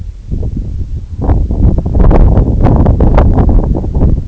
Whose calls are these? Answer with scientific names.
none